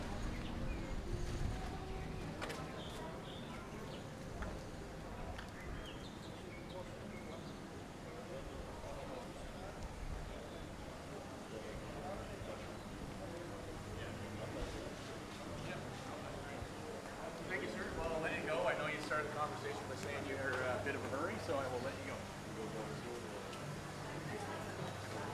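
Walking around Willemstad, Curacao: steady murmur of voices throughout, a man speaking, occasional clatter, and a louder burst of talk near nineteen seconds.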